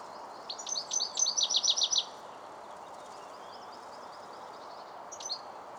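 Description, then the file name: European goldfinch delivering one fast tinkling, twittering run of high notes for about one and a half seconds, followed much later by a brief faint chirp, over steady hiss. "Carduelis carduelis"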